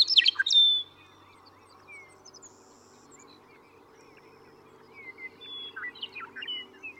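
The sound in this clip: Western meadowlark gives a short, rich whistled and gurgling phrase at the start; later, scattered chirps from other birds over a steady low hum.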